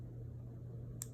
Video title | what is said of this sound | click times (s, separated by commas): Three Pairs of Easy DIY Earrings Using Autumn Woods August 2021 | And you can hear it kind of lock into place, the jump ring. | 1.0 s